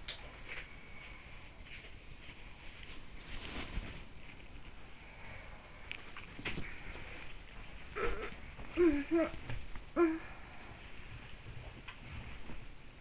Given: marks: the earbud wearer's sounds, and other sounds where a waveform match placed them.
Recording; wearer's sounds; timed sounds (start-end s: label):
sounds in sleep by an in-ear microphone; body movement, swallowing, talking in sleep
0.00-13.01 s: body movement
2.18-4.45 s: sound from someone else or the room
4.72-12.40 s: sound from someone else or the room
5.57-6.33 s: swallowing
7.84-11.06 s: talking in sleep